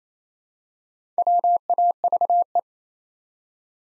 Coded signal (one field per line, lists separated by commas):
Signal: Morse code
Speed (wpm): 28 wpm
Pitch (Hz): 700 Hz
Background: none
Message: WAVE